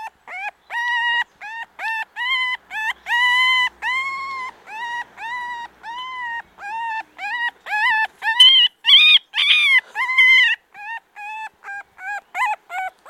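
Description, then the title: Red fox cub whimpering in a steady run of short, tonal whines, some flat, some bending upward, with a few higher, squeakier cries in the later part. One-week-old red fox cub, recorded at Buoux, Vaucluse, in 2001. "Sylvain Jaskowiak - Animus. Renardeau agé d'une semaine - Buoux, Vaucluse - 2001"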